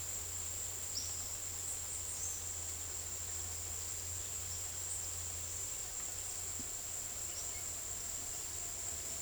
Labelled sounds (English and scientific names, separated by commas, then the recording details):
none
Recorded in secondary vegetation near Puerto Asís, Putumayo, Colombia, on 22 December 2024 at 16:30
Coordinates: 0.468, -76.324
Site G095